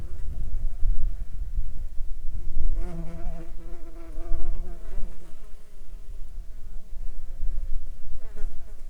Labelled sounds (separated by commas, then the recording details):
wind, insects
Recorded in Ivvavik National Park, Yukon, on 9 July 2019 at 18:40
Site SINP03